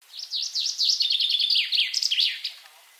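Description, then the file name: Common chaffinch song, a fast cascade of sharp, sweet notes dropping in pitch and ending with a short flourish. "Fringilla coelebs"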